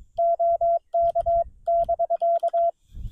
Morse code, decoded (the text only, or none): OK<BK>